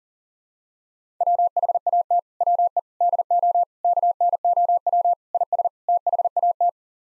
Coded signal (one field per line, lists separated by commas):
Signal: Morse code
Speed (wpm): 40 wpm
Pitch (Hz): 700 Hz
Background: none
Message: WHAT WE DO KNOW IS THAT